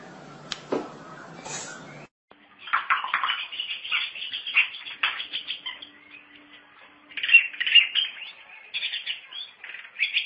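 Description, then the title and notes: Long-tailed shrike song after a brief noisy start: a rapid jumble of scratchy, chattering notes with short pauses. "Pentet 201703. Suara burung pentet"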